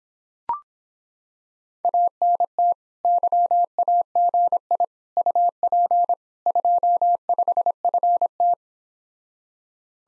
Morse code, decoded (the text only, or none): ANT YAGI UP 25FT